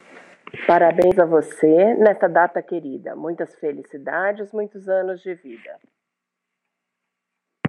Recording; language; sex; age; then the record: short text; Brazilian Portuguese; female; 50 to 59 years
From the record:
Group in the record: control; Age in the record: 55 years